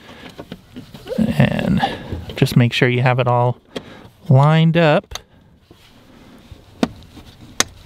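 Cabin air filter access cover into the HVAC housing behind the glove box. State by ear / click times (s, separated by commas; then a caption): seated / 7.6 s. A plastic cabin air filter access cover on a Toyota Tacoma is lined up and pushed into the HVAC housing behind the glove box, with no tools. Someone talks through the first five seconds, followed by soft handling noises and a small tap at about 6.8 s. A sharp pop at 7.6 s marks the cover seating into place.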